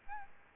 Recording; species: mosquito wingbeat signal from an infrared sensor; Aedes albopictus